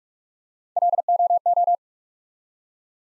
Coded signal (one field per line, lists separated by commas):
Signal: Morse code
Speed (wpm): 44 wpm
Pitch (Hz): 700 Hz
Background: none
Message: LOO